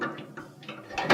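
A sheet metal lower front cover is being handled onto the two brackets of a Whirlpool dryer cabinet during a thermal fuse repair on a dryer that will not power on. Light taps and rattles of metal repeat through the clip, building to louder, brighter knocks from about 1.0 s. The cover has not snapped into place yet, and nothing has seated by the end.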